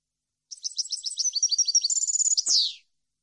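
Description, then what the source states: European goldfinch sings one high, rippling phrase of quick repeated notes ending in a buzzy downward slur. Clean goldfinch song meant for birds to copy, for song training.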